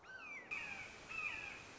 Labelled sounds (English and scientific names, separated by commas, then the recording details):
Red-shouldered Hawk (Buteo lineatus)
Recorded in Sonoma County, California